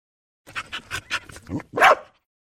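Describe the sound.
Dog barking: a quick run of several short, yappy barks, then one louder, longer bark to finish, with nothing else audible.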